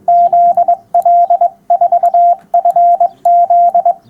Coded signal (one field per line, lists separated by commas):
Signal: Morse code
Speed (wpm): 22 wpm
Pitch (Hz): 700 Hz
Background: radio noise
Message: ZL4FZ